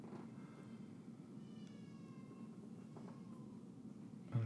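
A few thin, high, drawn-out wails come from a distance over a quiet room hum, with a louder burst at the very end. It is a young baby boy crying in the background, an ordinary cry.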